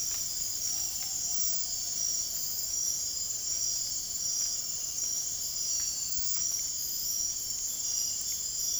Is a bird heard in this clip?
yes